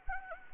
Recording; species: mosquito wingbeat signal from an infrared sensor; Anopheles gambiae